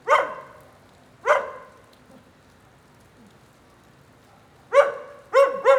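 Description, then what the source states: Dog barking in short bursts, two spaced single barks, a pause, then a quick trio of sharp barks, with faint rain in the background. Lone dog in the rain during a thunderstorm at 9a. Avenida 414, Quezaltenango, Guatemala.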